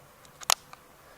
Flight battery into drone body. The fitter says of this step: place the battery in and a little push down, you'll hear it click,